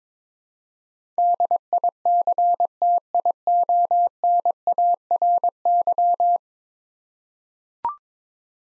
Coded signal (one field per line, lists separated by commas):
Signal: Morse code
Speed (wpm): 22 wpm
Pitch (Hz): 700 Hz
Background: none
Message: DICTIONARY